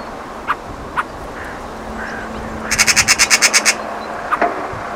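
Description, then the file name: Eurasian magpie giving a harsh, rapid chattering rattle of about nine dry notes, with a few single sharp clicks before and after. "Pica pica"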